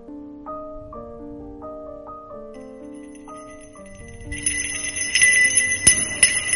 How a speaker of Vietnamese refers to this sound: Cho nên lúc chuông vang lên, nàng cũng chỉ cầm cổ tay, cũng không suy nghĩ nhiều. Nhưng qua một lúc, chiếc chuông lại càng rung mạnh hơn. Từng tiếng chuông reo nhẹ gợi cho nàng một hồi ức không tốt.